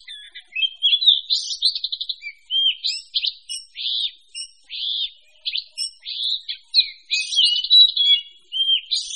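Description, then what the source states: Birds singing: a busy stream of high chirps, trills and short whistled phrases, overlapping with hardly a pause. A mix of several different birds singing together.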